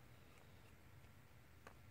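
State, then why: Seated. A plastic fuel level sender float arm from a Mustang is pulled out slightly and pushed down into a small plastic clip on the sender body. Over a steady low background hiss, one short sharp tick is heard at 1.7 s as the arm locks into the clip and seats in place.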